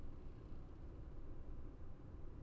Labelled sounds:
none
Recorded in Germany
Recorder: ecoPi

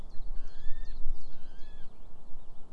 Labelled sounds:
Common Chiffchaff (Phylloscopus collybita)
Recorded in Germany
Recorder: ecoPi

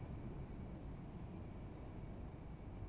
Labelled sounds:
Great Tit (Parus major)
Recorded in Germany
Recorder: ecoPi

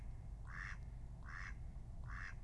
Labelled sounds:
Mallard (Anas platyrhynchos)
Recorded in Germany
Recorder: ecoPi

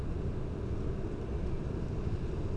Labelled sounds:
none
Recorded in Germany
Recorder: ecoPi

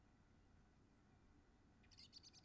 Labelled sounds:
Common Blackbird (Turdus merula)
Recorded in Germany
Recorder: ecoPi

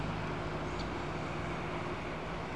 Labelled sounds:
Great Spotted Woodpecker (Dendrocopos major)
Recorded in Germany
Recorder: ecoPi

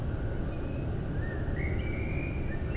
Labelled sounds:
Common Blackbird (Turdus merula)
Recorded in Germany
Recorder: ecoPi

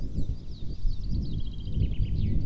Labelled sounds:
Common Chaffinch (Fringilla coelebs)
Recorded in Germany
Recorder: ecoPi

